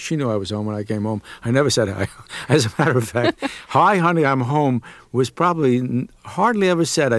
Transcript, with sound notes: She knew I was home when I came home. I never said hi - (laughter) as a matter of fact, hi, honey, I'm home was probably hardly ever said.